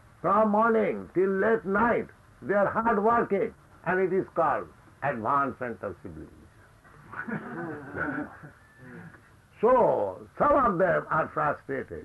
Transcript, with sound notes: From morning till late night they are hard working, and it is called advancement of civilization. [laughter] So some of them are frustrated.